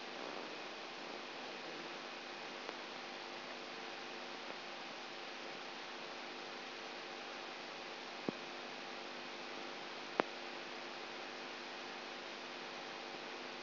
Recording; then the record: brain microelectrode recording played as sound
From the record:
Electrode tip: outside the subthalamic nucleus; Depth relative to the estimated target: -5 mm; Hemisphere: right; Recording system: AlphaMap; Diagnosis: Parkinson's disease